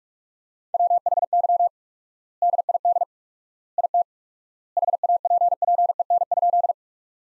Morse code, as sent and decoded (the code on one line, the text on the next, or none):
.-- .... -.-- / -.. .. -.. / .. - / .... .- .--. .--. . -. ..--..
WHY DID IT HAPPEN?